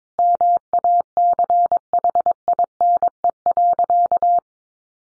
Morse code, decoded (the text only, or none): MACHINE.